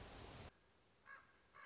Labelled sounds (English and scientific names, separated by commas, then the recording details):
Common Raven (Corvus corax)
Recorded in Sonoma County, California